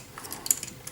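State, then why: Seated. A plastic replacement panel for a transforming robot toy is pushed into the toy robot body until it nests fully, before being screwed down. Several small plastic taps and knocks are heard, and the sharpest short hit at 0.5 s marks the part seating fully home.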